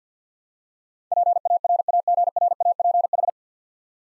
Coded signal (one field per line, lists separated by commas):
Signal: Morse code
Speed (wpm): 50 wpm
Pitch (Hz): 700 Hz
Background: none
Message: PARAGRAPH